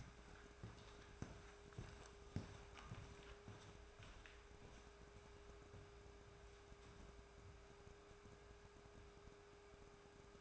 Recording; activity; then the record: daily activity, microphone in the room; walk to room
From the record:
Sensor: 2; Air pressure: 1010.3 hPa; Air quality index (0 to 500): 160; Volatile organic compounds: 7 ppm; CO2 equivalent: 2006 ppm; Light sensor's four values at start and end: 36/87/39/45 and 37/89/40/46